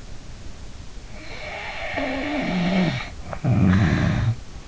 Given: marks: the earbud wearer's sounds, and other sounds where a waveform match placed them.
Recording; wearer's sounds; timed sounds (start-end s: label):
sounds in sleep by an in-ear microphone; snoring breath
0.93-4.40 s: snoring breath